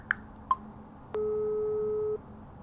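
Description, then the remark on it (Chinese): Two quick beeps from a phone, then a single steady ringback tone that holds for about a second before cutting off, a flat electronic hum with no voices, as a man at a window places a call to a manager. “他走到窗边，给蓝迪的经理打了个电话。”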